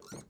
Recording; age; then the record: pig call; piglet (1 to 25 days)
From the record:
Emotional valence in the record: negative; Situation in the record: short isolation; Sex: male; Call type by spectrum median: low-frequency call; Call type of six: mixed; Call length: 0.30 s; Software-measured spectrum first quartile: 323 Hz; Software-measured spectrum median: 1355 Hz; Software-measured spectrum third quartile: 5669 Hz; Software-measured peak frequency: 195 Hz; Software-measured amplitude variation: 158 dB a second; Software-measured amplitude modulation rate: 16.7 a second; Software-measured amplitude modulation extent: 9.4 dB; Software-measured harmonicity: 5.9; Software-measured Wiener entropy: -3.20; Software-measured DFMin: 620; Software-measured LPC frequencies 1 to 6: 417, 1339, 2199, 4225, 5795, 6639 Hz